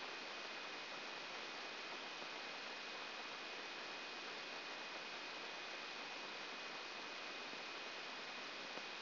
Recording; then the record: brain microelectrode recording played as sound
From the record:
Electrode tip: outside the subthalamic nucleus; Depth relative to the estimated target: -8 mm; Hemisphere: right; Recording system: AlphaMap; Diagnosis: Parkinson's disease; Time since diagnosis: 15 years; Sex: female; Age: 68 years